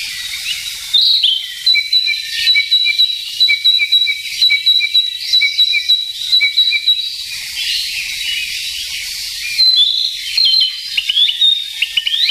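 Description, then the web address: Narcissus flycatcher giving long steady whistles with a lower repeated note beneath, broken by quick chirpy flourishes; faint background hiss. "sikioto. kibitaki"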